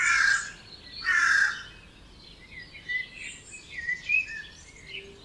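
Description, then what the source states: Birds at dawn, opening with two harsh raspy caws, followed by a mix of scattered high chirps and twittering phrases. Dawn chorus recorded at 4am in Oberhofen, Inntal, Austria; binaural recording.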